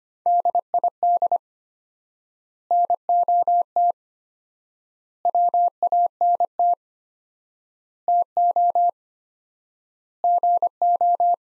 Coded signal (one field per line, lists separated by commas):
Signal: Morse code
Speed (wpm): 25 wpm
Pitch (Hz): 700 Hz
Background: none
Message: DID NOT WANT TO GO